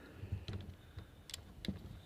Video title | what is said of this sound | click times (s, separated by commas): Production Beginning Tutorial | onto there and you hear that click see it's not going anywhere now | 1.6 s